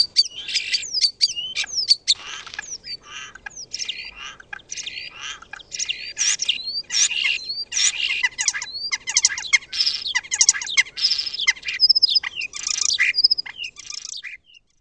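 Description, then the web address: Bird calls: a busy, almost continuous stream of high chirps, quick downslurred whistles and buzzy rattles, with a few longer steady whistled notes near the end. "Eyewitness Birds"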